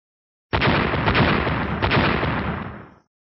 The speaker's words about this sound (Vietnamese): Trong thế giới Tang Tương vang vọng ba tiếng nổ, khoảnh khắc thanh âm xuất hiện, trong Tam Hoang đại giới nổi gió.